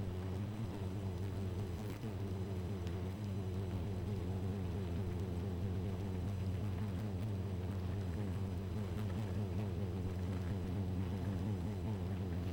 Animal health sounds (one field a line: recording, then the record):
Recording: honeybee colony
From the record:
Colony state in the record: missing queen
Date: 14 July 2017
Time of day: 2:49